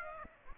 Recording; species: mosquito wingbeat signal from an infrared sensor; Aedes aegypti